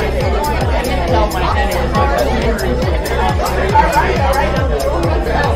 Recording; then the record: background sound without coughing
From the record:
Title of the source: Nightlife Party Simulating Party Club Noise 1 Hour